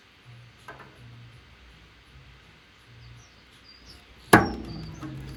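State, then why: Seated. A new drive belt on a Hotpoint/Indesit condenser tumble dryer is rotated on the drum until it clips onto the lip under the jockey wheel. A faint tick comes at 0.7 s, then a sharp snap at 4.3 s as the belt seats, followed by a lingering rattle. The belt is seated fully under the jockey wheel.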